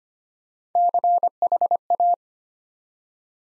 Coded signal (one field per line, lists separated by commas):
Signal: Morse code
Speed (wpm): 25 wpm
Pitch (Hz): 700 Hz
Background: none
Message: CHA